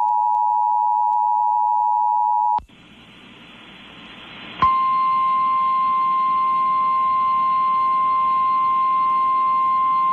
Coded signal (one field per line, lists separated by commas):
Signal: Emergency Alert System (SAME) tones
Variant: 853 and 960 Hz attention tone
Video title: EAS Hurricane Warning on WJMJ-FM (8/20/21)